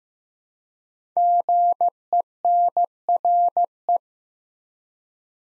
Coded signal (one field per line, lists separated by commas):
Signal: Morse code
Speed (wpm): 15 wpm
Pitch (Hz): 700 Hz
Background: none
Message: GENRE